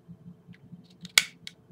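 The trigger assembly of a Glock 23 pistol, slid back into the polymer frame, is tested by pulling. After a few faint ticks, a sharp metallic click at 1.2 s marks it locking into place, followed by a smaller click. The trigger comes forward and the assembly is confirmed seated.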